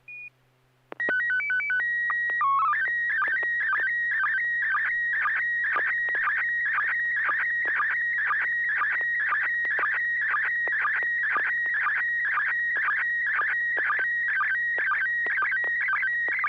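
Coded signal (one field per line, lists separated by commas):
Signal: SSTV (slow-scan television)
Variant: PD 120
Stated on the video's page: SSTV net on a 441.300 MHz FM repeater in Sacramento, sent with MMSSTV.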